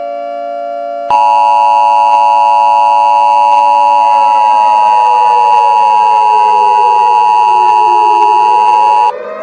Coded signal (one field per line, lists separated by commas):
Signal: Emergency Alert System (SAME) tones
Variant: 853 and 960 Hz attention tone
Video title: EAS Mini-Scenario: Tom Freaks out about Judgment Day